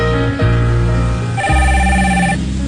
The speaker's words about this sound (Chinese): 下次啊，换你手机这种东西哦，要记得关机的，啊，不然那半夜来电跟那个鬼来电一样，吓死人了。